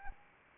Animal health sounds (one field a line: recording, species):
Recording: mosquito wingbeat signal from an infrared sensor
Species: Anopheles arabiensis